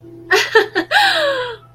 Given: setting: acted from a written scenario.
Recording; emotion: vocal sound without words; elation